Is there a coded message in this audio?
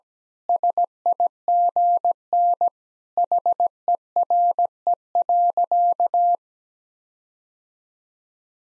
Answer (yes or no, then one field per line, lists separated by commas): yes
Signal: Morse code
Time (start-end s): 0.5-6.3 s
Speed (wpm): 17 wpm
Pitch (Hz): 700 Hz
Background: none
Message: SIGN HERE.